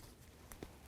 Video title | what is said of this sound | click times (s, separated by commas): How to Replace Front Upper Control Arm 2007-2014 Cadillac Escalade | Listen for a click. | 0.5 s, 0.6 s